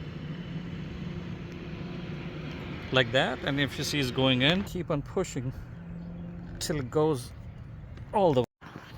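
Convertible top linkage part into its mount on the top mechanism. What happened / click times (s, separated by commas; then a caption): The part is being pushed but has not clicked into place yet / none. A convertible top linkage part on a Porsche's top mechanism is being pushed by hand into its mount while someone talks over a steady low hum. Nothing has seated or clicked yet by the end of the clip.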